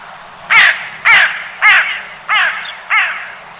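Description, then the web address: Bird giving harsh, crow-like caws, five rasping calls spaced about half a second apart, fading slightly toward the end. "cianscape. Deverinetal 2025. Bird Only"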